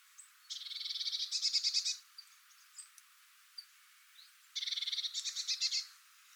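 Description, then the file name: Great tit churring calls, two harsh buzzy rattles, each about one and a half seconds long, with a few soft ticks between them. "Parus major"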